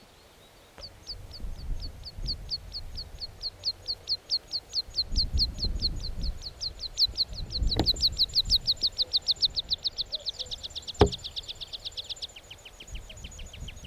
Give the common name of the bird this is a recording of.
Meadow Pipit